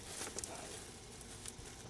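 A new crankshaft position sensor for a 2012–2017 Kia Rio is pushed by hand into the mounting hole in the engine block where the old sensor was removed. Two sharp, close snaps at about 0.4 seconds mark it seating, followed by a few fainter ticks against a steady background hiss. The sensor is fully seated and snug.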